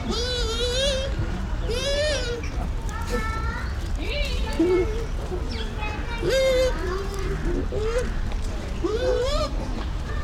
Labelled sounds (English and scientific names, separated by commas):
Bush Dog (Speothos venaticus)